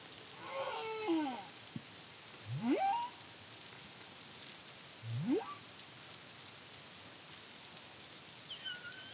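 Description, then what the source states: Humpback whale song: a wavering, descending groan followed by two sharp rising whoops a few seconds apart, then a faint high squeal near the end, over background hiss. Recorded in the Caribbean in 2023 by the CARIMAM project.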